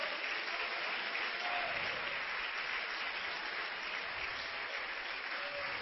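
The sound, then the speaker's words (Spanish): A church audience claps their hands for the Lord at the preacher's call during a sermon, a dense, steady wash of applause holding an even level for several seconds with no voices standing out. “Denle palmas al Señor.”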